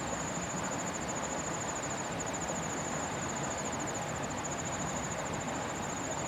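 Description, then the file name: Kawarasuzu cricket song: a thin, very high continuous trill with a faint pulsing texture, running unbroken over a steady rushing background noise. Recorded 28 September 2015, 17:34. "150928-173405 kawarasuzu"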